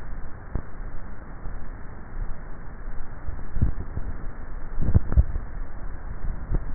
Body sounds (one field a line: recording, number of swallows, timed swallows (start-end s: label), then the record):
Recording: swallowing sounds by neck microphone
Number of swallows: 1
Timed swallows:
4.82-6.58 s: swallow
From the record:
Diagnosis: dysphagia